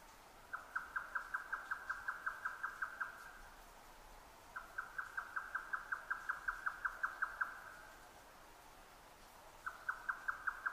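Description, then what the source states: Grey nightjar song: three bouts of rapid, evenly spaced, hollow chuck notes, with brief quiet gaps between bouts. Recorded 12 June 2009 at 22:41.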